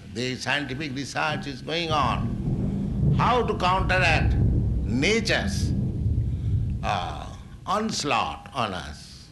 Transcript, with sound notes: The scientific research is going on, how to counteract [thunder] nature’s onslaught on us.